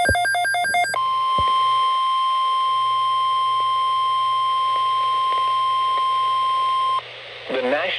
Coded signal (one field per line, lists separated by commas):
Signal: Emergency Alert System (SAME) tones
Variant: 1050 Hz attention tone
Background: speech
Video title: EAS ALERTS AGAIN (EAS 262-271)